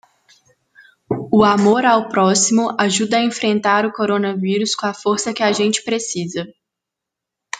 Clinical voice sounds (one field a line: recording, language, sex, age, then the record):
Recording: spoken sentence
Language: Brazilian Portuguese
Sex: female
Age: 18 to 19 years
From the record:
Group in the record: control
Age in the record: 18 years